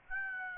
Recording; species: mosquito wingbeat signal from an infrared sensor; Aedes aegypti